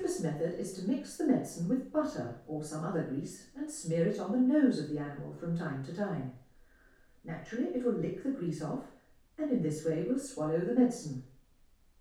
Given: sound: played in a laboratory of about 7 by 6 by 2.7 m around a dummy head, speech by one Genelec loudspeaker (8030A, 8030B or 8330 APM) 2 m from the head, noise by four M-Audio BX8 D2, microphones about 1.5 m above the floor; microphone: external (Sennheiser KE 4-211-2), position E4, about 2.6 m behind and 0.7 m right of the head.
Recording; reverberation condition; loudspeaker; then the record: female speech in English; medium; 90 degrees to the right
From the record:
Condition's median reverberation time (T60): about 510 ms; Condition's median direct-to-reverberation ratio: about -0.5 dB